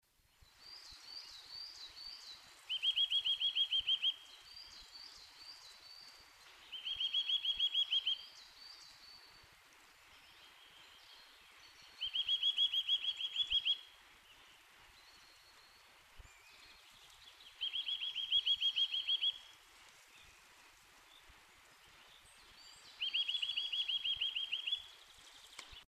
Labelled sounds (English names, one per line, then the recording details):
Eurasian Nuthatch song
Coal Tit
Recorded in the wild
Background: Periparus ater
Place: Oberstdorf, Bayern, DE
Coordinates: 47.38, 10.2969
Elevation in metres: 881
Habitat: mountains
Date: 1977-03-25
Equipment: Nagra IV, Sennheiser MKH 405, Parabolreflektor
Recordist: Tretzel, Erwin
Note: Knotenblumenwald, Dietersberg, Oberstdorf: Gesang "wüwüwü"